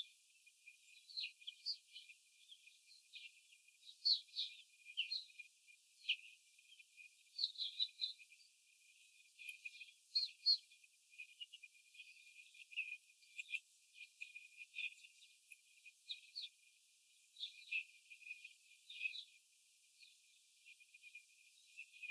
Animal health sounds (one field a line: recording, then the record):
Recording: young laying hens in a cage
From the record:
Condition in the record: before the stressor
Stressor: simulated dog barking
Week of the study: 4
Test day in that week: 3